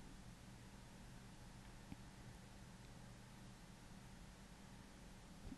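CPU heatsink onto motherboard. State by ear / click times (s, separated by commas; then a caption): not seated / none. A CPU heatsink is set onto a motherboard and positioned so its four push-pin key locks line up with the motherboard holes; it is only placed and aligned, with the pins not yet pressed in. Steady broadband hiss with a low hum fills the clip, with a faint soft tap near 1.9 s and light handling noise at the end. Nothing has clicked or seated yet.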